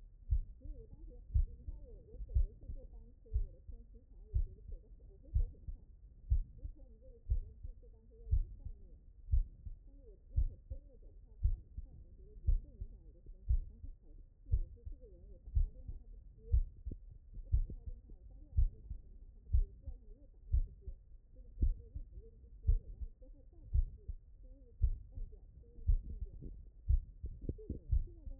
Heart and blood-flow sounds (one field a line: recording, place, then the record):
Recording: heart sounds by stethoscope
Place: mitral valve (MV)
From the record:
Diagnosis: non-HFrEF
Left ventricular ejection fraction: 61%